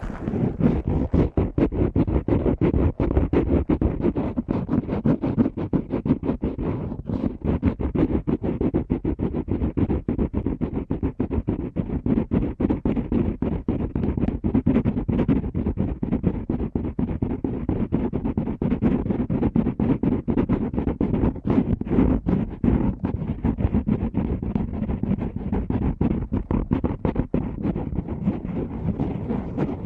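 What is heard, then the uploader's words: Ear cleaning at helicopter speed: a relentless, dense rush of rapid scratching and rubbing that never pauses across the whole stretch. The sound sits mostly low and muffled, thick with quick crackling ticks, and its loudness stays nearly constant throughout. ASMR Ear Cleaning at Helicopter Speed.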